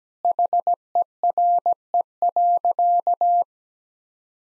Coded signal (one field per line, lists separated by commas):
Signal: Morse code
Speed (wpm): 17 wpm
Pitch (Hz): 700 Hz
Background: none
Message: HERE.